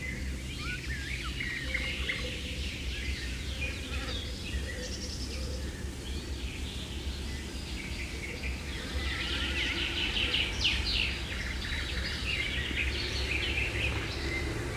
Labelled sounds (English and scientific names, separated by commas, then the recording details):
Common Snipe (Gallinago gallinago)
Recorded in the wild
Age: adult
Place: Putbus, Insel Rügen, Mecklenburg-Vorpommern, DE
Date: 1979-06-13 19:02
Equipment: ITT Schaub-Lorenz Studio Recorder 72, Verstärker, Mikrofon GOM 312, Kopie Uher 4200 Report Stereo
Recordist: Tembrock, Günter